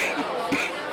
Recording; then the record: coughing mixed with background sound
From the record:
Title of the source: 64 coughing, allergies, singing lungs